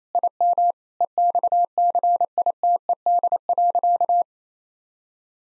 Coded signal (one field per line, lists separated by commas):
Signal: Morse code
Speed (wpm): 28 wpm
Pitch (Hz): 700 Hz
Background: none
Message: IM EXCITED.